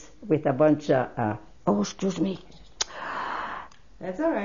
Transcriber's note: she gasps